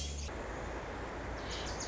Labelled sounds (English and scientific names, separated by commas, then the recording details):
Wilson's Warbler (Cardellina pusilla)
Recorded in Sonoma County, California